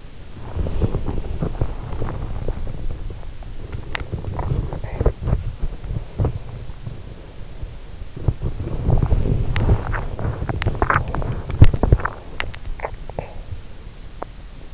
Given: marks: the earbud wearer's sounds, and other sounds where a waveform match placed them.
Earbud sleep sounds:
sounds in sleep by an in-ear microphone; body movement, teeth grinding
0.00-14.73 s: body movement
9.27-12.78 s: teeth grinding

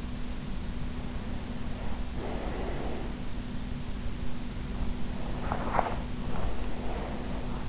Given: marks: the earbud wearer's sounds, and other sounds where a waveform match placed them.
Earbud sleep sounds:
sounds in sleep by an in-ear microphone; breath, teeth grinding
1.68-3.37 s: breath
4.76-7.69 s: teeth grinding

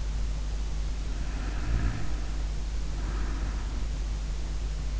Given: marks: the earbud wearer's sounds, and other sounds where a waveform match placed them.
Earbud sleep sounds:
sounds in sleep by an in-ear microphone; snoring breath
1.35-4.29 s: snoring breath

